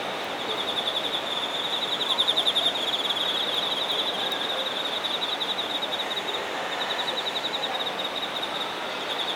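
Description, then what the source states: Insects trill continuously in quick high-pitched pulses, louder just after two seconds, with a faint, very high chirring band and steady hiss. Singing insects recorded in Shinagawa, Japan.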